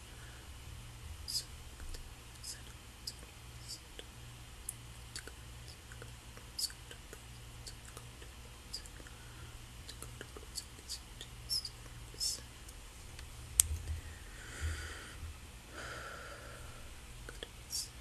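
Soft, unintelligible whispering runs through the clip over a steady low hum. Short dry clicks and taps break in irregularly, roughly every second or two, with one sharper snap near 13.5 seconds and a breathier, hissing stretch around 14 to 16 seconds.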